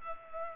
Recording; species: mosquito wingbeat signal from an infrared sensor; Culex pipiens